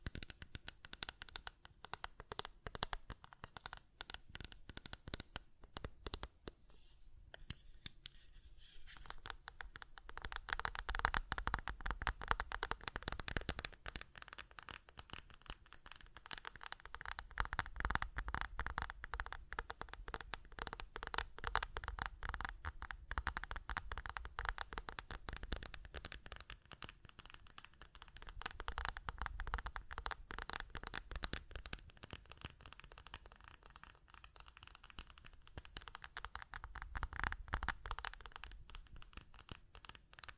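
Buttons are clicked and tapped in a rapid, dense stream of sharp little ticks that runs the whole time. The clatter swells louder in stretches, around ten to fourteen seconds, mid-clip and near the end, then thins out again between bursts.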